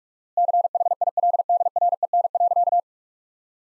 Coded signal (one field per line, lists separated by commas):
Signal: Morse code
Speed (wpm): 47 wpm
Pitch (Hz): 700 Hz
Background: none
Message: CHILDREN.